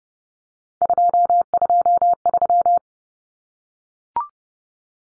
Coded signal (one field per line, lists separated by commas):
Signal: Morse code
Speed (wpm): 30 wpm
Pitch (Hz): 700 Hz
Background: none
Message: 223